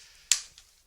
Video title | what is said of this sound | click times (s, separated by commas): LIVE Q&A & Unboxing - E-flite Viper 70mm EDF | got a nice positive you kind of heard that snap you can see that I can tug on this thing | 0.3 s